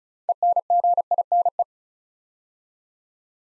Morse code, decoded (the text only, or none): ENGINE